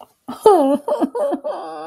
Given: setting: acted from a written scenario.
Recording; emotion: vocal sound without words; disappointment